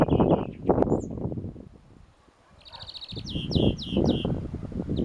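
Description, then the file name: European greenfinch making a brief trill, then a run of four or five sharp down-slurred notes in quick succession, with low rumbling noise at the start and end. "Chloris chloris"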